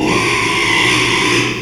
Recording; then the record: squeal of a Yucatan mini pig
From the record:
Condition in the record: after surgery on the right vocal fold (resection and tissue-engineered implant); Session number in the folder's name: 1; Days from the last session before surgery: 6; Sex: male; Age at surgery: 12 weeks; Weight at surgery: 13 kg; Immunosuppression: cyclosporine, prednisolone